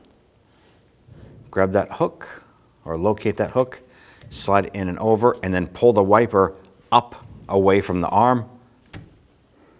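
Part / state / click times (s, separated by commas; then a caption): wiper blade adapter onto wiper arm hook / seated / 8.9 s. A wiper blade with a plastic adapter is slid onto the metal J-hook of the wiper arm on a 2017-2020 Hyundai Elantra while someone talks. A sharp click at 8.9 s marks the blade locking into place on the arm hook, and it is seated.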